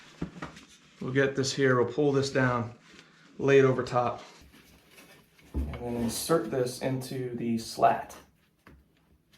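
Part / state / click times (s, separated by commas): seat strap fitting into treestand frame slat / seated / 8.7 s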